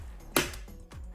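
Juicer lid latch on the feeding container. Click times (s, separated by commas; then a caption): 0.4 s. On a Canoly JE24 cold press juicer, the latch under the handle of the feeding container is pulled toward the handle, giving a sharp click at 0.4 s as it releases the plastic lid. A softer knock follows at 0.9 s. The latch is released and the lid pops open.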